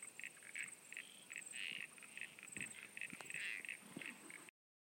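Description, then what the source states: Frogs giving short, distinct high notes in quick irregular bursts, before the sound cuts off abruptly. At Sunny Corner.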